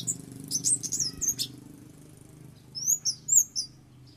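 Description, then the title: Oriental magpie-robin song: high, sweet whistled phrases in two bursts with a pause between, over a faint low hum. "Kicau Kacer"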